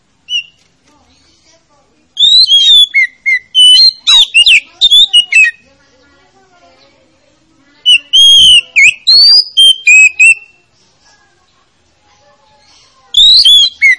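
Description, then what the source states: Oriental magpie-robin song: loud bursts of sweet whistled notes, some rising and some falling, with sharp chips mixed in, coming in three spells separated by silence. Lure to make a reluctant magpie-robin that is slow to sing start singing.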